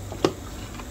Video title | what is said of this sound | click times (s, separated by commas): Philips Lattego 5400 Serisi - Kahve Makinesi İnceleme ve Kutu Açılımı - Begüm Altın Pınarbaşı | şekilde yerleştiriyoruz tık sesi gelene kadar yerleştiğinde emin olun | 0.2 s